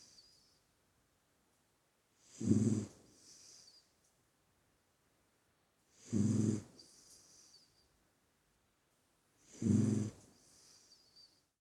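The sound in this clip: Dog snoring: deep, rasping snores roughly every four seconds, each followed by a softer breath, with quiet gaps between.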